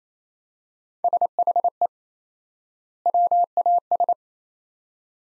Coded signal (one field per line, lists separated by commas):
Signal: Morse code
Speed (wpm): 27 wpm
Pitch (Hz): 700 Hz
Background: none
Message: SHE WAS